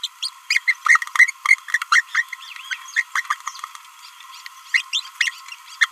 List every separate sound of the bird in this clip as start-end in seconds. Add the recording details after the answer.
0.04-0.09, 0.23-0.29, 0.51-0.59, 0.67-0.74, 0.85-0.98, 1.18-1.31, 1.45-1.54, 1.92-2.03, 2.15-2.22, 2.71-2.75, 2.97-3.02, 3.15-3.21, 3.30-3.34, 3.47-3.49, 4.74-4.83, 4.93-5.01, 5.21-5.30, 5.81-5.86. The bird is a male. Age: 29 days. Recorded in a nest box in Venezuela. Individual 17B31A1